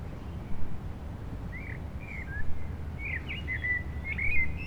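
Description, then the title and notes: Common blackbird song: soft fluting and chuckling warbled phrases that grow busier toward the end, over a steady low rumble of traffic. Urban street in Aix-les-Bains, France; blackbirds singing after sunset on a mild day, eve of the winter solstice; city traffic. "Rue Jacques Cartier, 73100 Aix-les-Bains, Auvergne-Rhône-Alpes, France - Merle du solstice. En cette douce journée les merles commencent à chanter après le coucher du soleil, passages d'avions, circulation urbaine demain c'est le solstice d'hiver"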